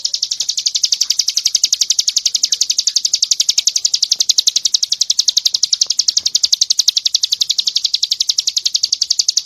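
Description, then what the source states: Bird repeating a high, buzzy pulsed trill at a fast, regular rate throughout. Masteran song, made for training songbirds.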